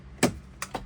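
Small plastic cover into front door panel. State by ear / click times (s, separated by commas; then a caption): seated / 0.2 s. A small plastic trim cover on the front door panel of a 2021-2026 Ford full-size Bronco is pushed up into its opening, notch first. It snaps into place with a sharp click at 0.2 s, followed by two lighter taps at about 0.6 s and 0.8 s. The cover is seated.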